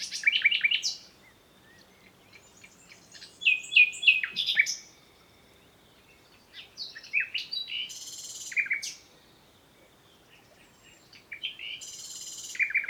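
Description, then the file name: Common nightingale song: varied phrases of sharp repeated notes, rich whistled slurs, and bursts of very high buzzy trills, separated by short pauses. "Luscinia megarhynchos"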